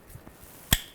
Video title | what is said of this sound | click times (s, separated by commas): How to Replace Radiator 1998-2010 Volkswagen Beetle | lock that down and then same with this other one | 0.7 s